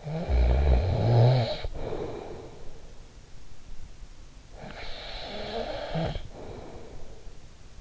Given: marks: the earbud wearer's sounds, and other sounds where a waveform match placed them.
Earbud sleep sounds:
sounds in sleep by an in-ear microphone; snoring breath
0.00-3.08 s: snoring breath
4.58-7.24 s: snoring breath

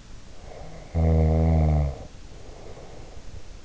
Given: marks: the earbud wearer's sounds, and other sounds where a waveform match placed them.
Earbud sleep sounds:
sounds in sleep by an in-ear microphone; snoring breath
0.46-3.52 s: snoring breath

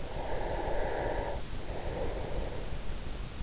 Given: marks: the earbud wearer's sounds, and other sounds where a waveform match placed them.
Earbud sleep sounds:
sounds in sleep by an in-ear microphone; breath
0.01-3.03 s: breath

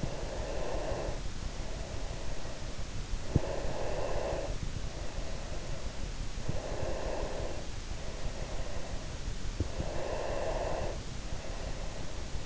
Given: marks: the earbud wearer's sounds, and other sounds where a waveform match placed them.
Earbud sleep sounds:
sounds in sleep by an in-ear microphone; breath
0.00-3.05 s: breath
3.50-6.16 s: breath
6.75-9.09 s: breath
9.74-12.46 s: breath

